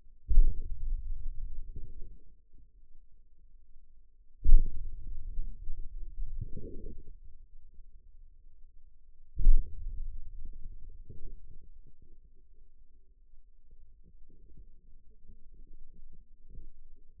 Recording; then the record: forearm muscle sounds (acoustic myography)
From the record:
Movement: hand opening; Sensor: system 2, bracelet of six BSWA MPA416 microphones around the upper forearm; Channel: 6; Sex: male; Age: 22 years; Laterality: right